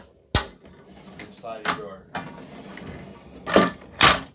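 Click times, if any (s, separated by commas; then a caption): 4.0 s. Someone talks while the bedroom sliding door of a 2020 FR3 33DS RV is slid back so its travel lock re-engages. The lock clicks back into place with one sharp hit at 4.0 s, and the door is seated and locked.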